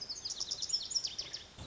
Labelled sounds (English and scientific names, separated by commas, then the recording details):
Lazuli Bunting (Passerina amoena)
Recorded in Sonoma County, California